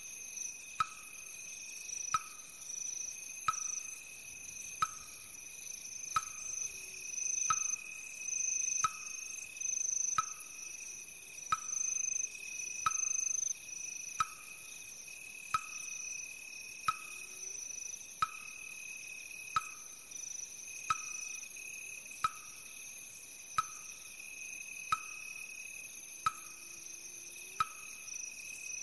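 Crickets trill steadily and brightly throughout, a dense high shimmer that never lets up. A wooden fish is struck at an even, unhurried pace, roughly every one and a half seconds, each knock short and hollow. Faint low calls surface occasionally beneath.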